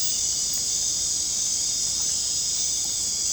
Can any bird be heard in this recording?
no